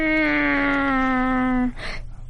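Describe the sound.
A person imitates a cat's meow as a birthday greeting for a cat named Bawan turning two, with one long, drawn-out, steady mid-pitched cry lasting over a second, followed by a brief breathy rush of noise.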